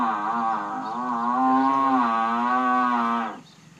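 Buffalo giving a single long, low, droning moo lasting about three seconds, fairly steady in pitch, then stopping abruptly.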